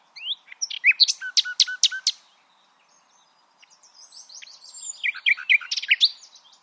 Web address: SETE Luscinia megarhynchos